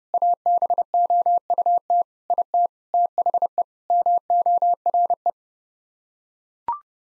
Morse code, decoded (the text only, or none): ABOUT IT THE MORE